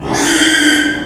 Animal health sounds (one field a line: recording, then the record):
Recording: squeal of a Yucatan mini pig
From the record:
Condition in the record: after surgery on the right vocal fold (resection and tissue-engineered implant)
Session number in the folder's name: 3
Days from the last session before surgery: 33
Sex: male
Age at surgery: 12 weeks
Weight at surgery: 13 kg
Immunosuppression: cyclosporine, prednisolone